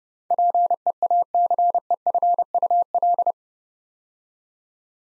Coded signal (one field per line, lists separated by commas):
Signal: Morse code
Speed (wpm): 30 wpm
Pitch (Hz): 700 Hz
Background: none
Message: PEACEFUL